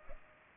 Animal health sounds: mosquito wingbeat signal from an infrared sensor; Culex pipiens

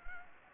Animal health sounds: mosquito wingbeat signal from an infrared sensor; Anopheles gambiae

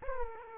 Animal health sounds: mosquito wingbeat signal from an infrared sensor; Aedes aegypti

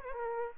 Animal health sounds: mosquito wingbeat signal from an infrared sensor; Aedes albopictus

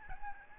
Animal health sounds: mosquito wingbeat signal from an infrared sensor; Aedes albopictus

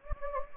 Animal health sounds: mosquito wingbeat signal from an infrared sensor; Anopheles gambiae

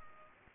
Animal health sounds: mosquito wingbeat signal from an infrared sensor; Culex pipiens

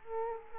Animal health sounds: mosquito wingbeat signal from an infrared sensor; Culex quinquefasciatus

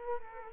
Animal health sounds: mosquito wingbeat signal from an infrared sensor; Culex quinquefasciatus

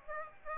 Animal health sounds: mosquito wingbeat signal from an infrared sensor; Aedes aegypti

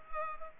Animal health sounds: mosquito wingbeat signal from an infrared sensor; Culex pipiens

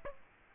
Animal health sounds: mosquito wingbeat signal from an infrared sensor; Aedes aegypti

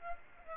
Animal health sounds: mosquito wingbeat signal from an infrared sensor; Aedes aegypti

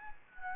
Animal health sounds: mosquito wingbeat signal from an infrared sensor; Anopheles gambiae

